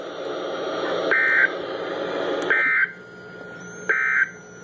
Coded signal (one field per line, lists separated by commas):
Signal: Emergency Alert System (SAME) tones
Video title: DOUBLE HEADER Flash Flood Warning + Severe Thunderstorm Warning (EAS #223+224)